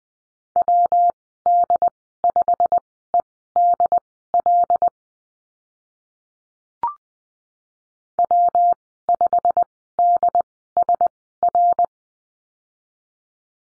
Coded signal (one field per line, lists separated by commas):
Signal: Morse code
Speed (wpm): 19 wpm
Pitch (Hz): 700 Hz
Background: none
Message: WD5EDL W5DSR